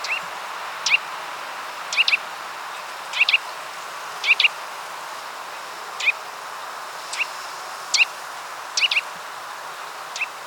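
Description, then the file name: Eurasian nuthatch sharp calls, one or two notes at a time, repeated several times over a continuous hiss. "Sitta europaea"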